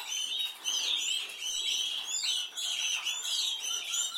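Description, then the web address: Canary warbling: a continuous mix of twittering and sweeping notes in quick bursts, pausing briefly twice. "Golchin Best Canari Seda Canari. Niyaz Music)"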